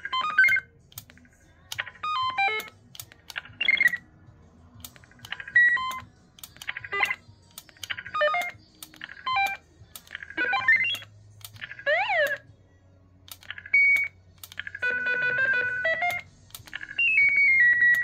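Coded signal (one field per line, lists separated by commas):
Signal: roger beep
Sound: series of short electronic beep tunes, stepping tones and chirps, each different, with clicks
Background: button clicks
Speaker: je vais le débarquer et là je vais faire le tour.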